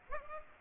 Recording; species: mosquito wingbeat signal from an infrared sensor; Aedes aegypti